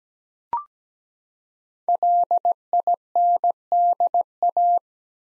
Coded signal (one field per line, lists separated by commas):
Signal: Morse code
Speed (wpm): 17 wpm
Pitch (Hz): 700 Hz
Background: none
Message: LINDA